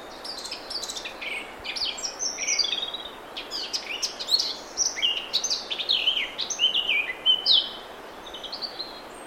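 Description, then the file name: Eurasian blackcap song: a long, tumbling run of mixed chattering and whistled notes, growing richer and fluty toward the end, then falling quiet. "Sylvia atricapilla"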